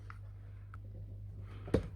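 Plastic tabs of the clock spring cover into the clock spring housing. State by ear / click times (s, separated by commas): seated / 0.7 s, 1.7 s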